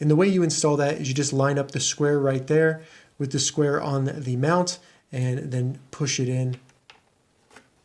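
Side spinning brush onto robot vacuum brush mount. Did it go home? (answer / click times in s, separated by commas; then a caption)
no / none. Someone talks while a spare plastic spinning side brush is lined up square-to-square with the brush mount on a Proscenic M6 Pro robot vacuum and pushed in. Two faint, brief handling sounds follow near the end of the clip. Nothing has seated or clicked yet; the brush is still being pushed toward the point where it snaps on.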